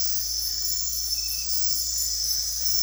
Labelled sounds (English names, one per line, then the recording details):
none
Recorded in dense forest near Puerto Asís, Putumayo, Colombia, on 8 March 2025 at 23:00
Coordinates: 0.503, -76.323
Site GP09